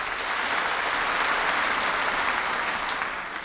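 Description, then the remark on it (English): Steady audience applause after a musical performance, a dense wash of many hands clapping at an even, sustained loudness throughout, with no voices standing out; some of it is for Fitzroy Coleman's playing on the cuatro. “I noticed that some of that applause went to our friend Fitzroy Coleman for his agility on the quattro.”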